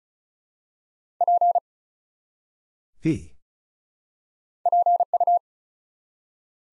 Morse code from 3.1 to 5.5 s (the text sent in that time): PU